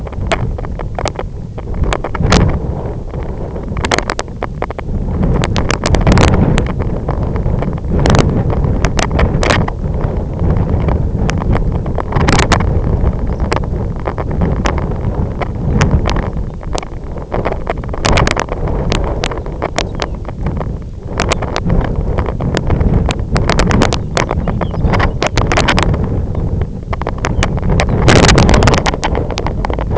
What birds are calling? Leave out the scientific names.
Lapland Longspur